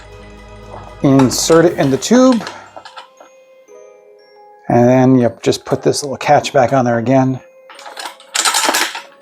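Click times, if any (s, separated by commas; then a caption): 8.4 s. Someone talks while a pop-up launcher is inserted into the tube of a Halloween prop, then the small plastic retaining catch is put back onto the launcher tube. A series of knocks follows, ending in a sharp snap at 8.4 s as the catch locks into place.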